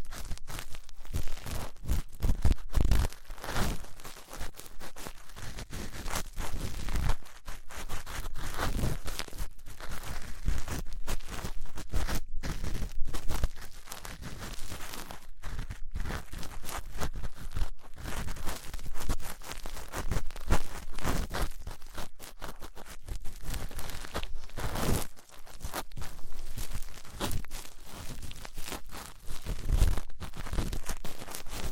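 Ear cleaning with latex gloves, a dental pick and cotton swabs: a dense, continuous run of crinkly, scratchy rubbing and crunching textures. The sound comes in rapid irregular strokes with brief dips, steady in loudness throughout, with frequent sharp crackles and a low thumping underneath.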